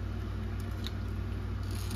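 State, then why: Seated. On a Groma Kolibri typewriter being rebuilt, with the body set back into its frame, the second side of the carriage is pushed into its frame mount. A single sharp metallic click sounds at 0.9 s over a steady low hum. The carriage side is locked into place.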